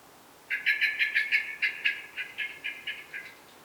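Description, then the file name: Eurasian blackbird giving a single loud rattling chatter of about a dozen harsh chak notes, fast at first, then slightly spaced and fading. "Turdus merula"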